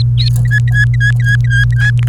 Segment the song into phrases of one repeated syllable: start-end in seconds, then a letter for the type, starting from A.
0.45-1.90 A, 1.99-2.08 B